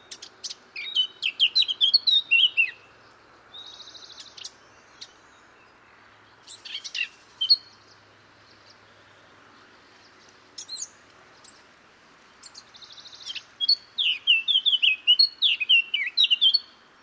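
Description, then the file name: Eurasian blackcap song: several bouts of scratchy, chattering warbling, some ending in clear whistled phrases, with pauses between them. "Sylvia atricapilla"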